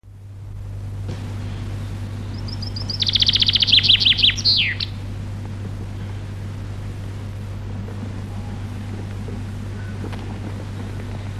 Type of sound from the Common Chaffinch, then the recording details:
song. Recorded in the wild. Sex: male. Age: adult. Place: Przytocko, Pomorskie, PL. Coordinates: 54.1211, 16.8428. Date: 1965-07-05 06:00. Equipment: Grundig TK 4, BG 20/6 - 19 cm/s. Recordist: Schubert, Michael